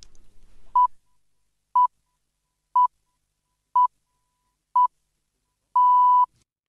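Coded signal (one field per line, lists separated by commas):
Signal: radio time signal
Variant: Greenwich Time Signal pips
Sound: five short beeps at one-second intervals, then a longer final beep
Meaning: The start of the final long pip marks the exact hour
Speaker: and here are the familiar sounding Pips that were heard on that day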